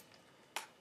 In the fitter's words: and you'll feel it lock into place